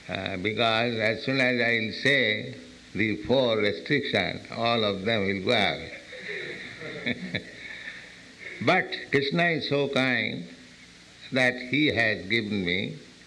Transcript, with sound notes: because "As soon as I'll say the four restrictions, all of them will go away." [laughs] But Kṛṣṇa is so kind that He has given me